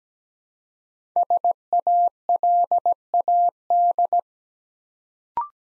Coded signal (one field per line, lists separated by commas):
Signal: Morse code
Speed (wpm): 17 wpm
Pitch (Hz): 700 Hz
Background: none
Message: SALAD